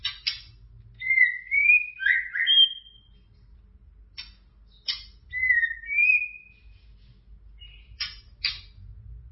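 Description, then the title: White-rumped shama song mixing loud, slurred whistles with abrupt buzzy, rasping notes, phrases alternating whistle and harsh bursts every couple of seconds. "Kicau Murai Batu"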